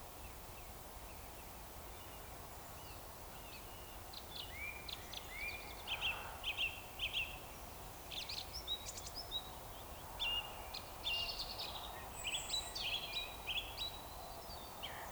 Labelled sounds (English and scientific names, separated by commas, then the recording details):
Eurasian Woodcock (Scolopax rusticola) whistle
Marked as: whistle, whistle, whistle, whistle, whistle
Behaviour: display flight
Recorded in Baden-Württemberg, Germany, on 15 June 2020 at 02:33 UTC
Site 43791, 788 m above sea level